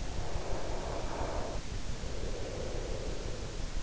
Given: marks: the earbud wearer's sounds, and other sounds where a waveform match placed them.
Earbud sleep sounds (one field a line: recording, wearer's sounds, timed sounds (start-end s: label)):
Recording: sounds in sleep by an in-ear microphone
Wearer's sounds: breath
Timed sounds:
0.39-3.26 s: breath